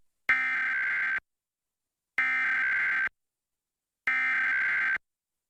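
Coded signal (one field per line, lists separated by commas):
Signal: Emergency Alert System (SAME) tones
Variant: header bursts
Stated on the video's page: National EAS Test as carried on a TV station's subchannel feeds.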